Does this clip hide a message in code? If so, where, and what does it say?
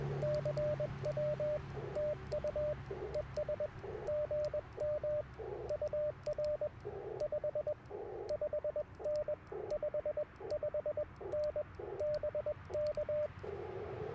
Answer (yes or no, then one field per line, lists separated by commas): yes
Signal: Morse code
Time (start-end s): 0.2-13.3 s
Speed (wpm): 20 wpm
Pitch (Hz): 600 Hz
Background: radio noise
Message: CW TU ES GM UR 55N 55N BK